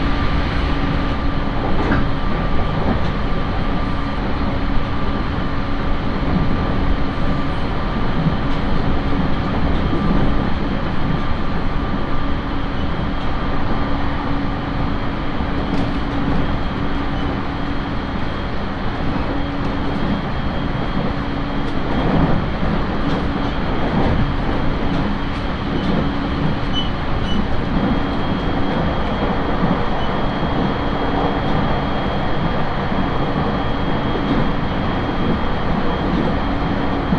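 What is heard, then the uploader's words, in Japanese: Inside a four-car local electric train running north from Sendai, the ride is a steady, dense rumble with low roar and a constant hum tone. Faint clicks and knocks from the track come through irregularly, and the carriage is fairly quiet otherwise. 6:00発の始発列車小牛田行きに乗車します。701系の4両編成、仙台から離れていくのでそれほど混雑はありません。駅間も長く山をトンネルで抜けていったりするのであまり眺めを楽しむ時間はありません。鉄道旅 東北本線 仙台→小牛田。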